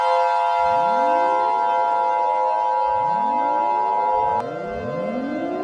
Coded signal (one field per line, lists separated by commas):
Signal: Emergency Alert System (SAME) tones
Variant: 853 and 960 Hz attention tone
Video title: EAS Scenario #13 - The Blackhole